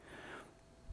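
A captive Torx screw on the Threadripper socket load plate of an MSI X399 SLI Plus motherboard is turned backwards against its threaded post, to find the start of the thread. Soft breathy hiss fills the first half, then a brief low thump comes near 0.9 s. Nothing has clicked into the thread or seated yet.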